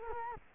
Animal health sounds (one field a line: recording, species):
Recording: mosquito wingbeat signal from an infrared sensor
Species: Culex quinquefasciatus